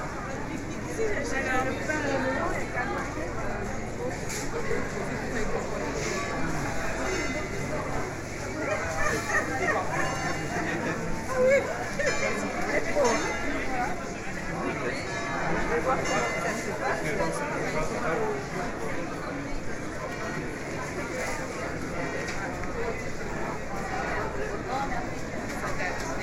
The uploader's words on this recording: Revel Market, France. Revel Market takes place every Saturday morning in Revel's covered central square and surrounding streets. The bustle of locals and tourists alike. Gear: Sony PCM-M10 Sound Professionals SP-TFB2 in-ear binaural mics.